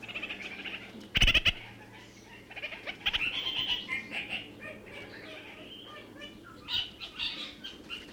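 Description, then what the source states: Red-crowned parakeet calling: a loud rattling burst early on, then scratchy chattering phrases that fade and return, over faint low hum. New Zealand.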